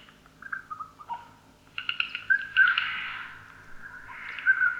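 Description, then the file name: Eurasian jay uttering short squeaky notes that build into a rough, grating screech, then a second harsh burst near the end. "Garrulus glandarius"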